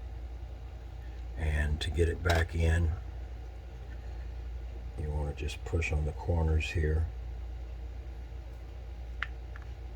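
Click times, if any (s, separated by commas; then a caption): 9.2 s. Someone talks while pushing on the corners of an internal chassis part, a board or sled near the USB port, to press it back into a custom Zelda lightsaber hilt with two crystal chambers, an OLED and hidden compartments. At 9.2 s the part snaps into place with a sharp click, followed by two fainter ticks. The part is seated.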